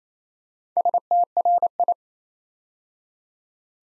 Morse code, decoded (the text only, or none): STRI